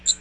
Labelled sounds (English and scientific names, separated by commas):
Magnolia Warbler (Setophaga magnolia) flight call